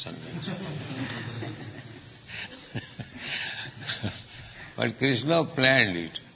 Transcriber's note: laughing